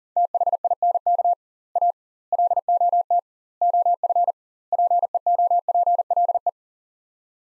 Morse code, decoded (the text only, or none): THINK A LOT OF PEOPLE